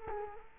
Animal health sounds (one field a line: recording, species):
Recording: mosquito wingbeat signal from an infrared sensor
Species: Culex quinquefasciatus